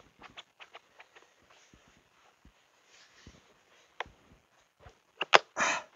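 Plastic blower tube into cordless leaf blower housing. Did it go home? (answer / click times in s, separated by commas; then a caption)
yes / 5.2 s, 5.4 s. A plastic blower tube is fitted onto the body of a Worx WG547E 20V cordless leaf blower and pushed until it latches, with soft handling taps and rustles leading up to it. Two sharp clicks at 5.2 s and 5.4 s mark the tube snapping into place, followed by a brief louder rustle. The tube is seated and latched, and it went faster and easier than expected.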